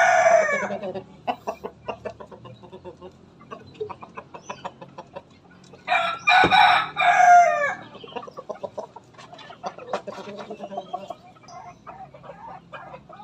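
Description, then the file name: Rooster crowing: a crow tail at the start, then many soft clucks, one strong raspy crow in the middle with a drawn-out falling end, and more clucking after. Bangkok breed rooster, crowing. "suara ayam bangkok berkokok"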